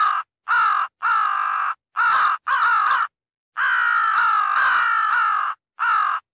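Crow uttering rough, grating caws, several short and one very long drawn-out harsh call lasting about two seconds, followed by a final short caw.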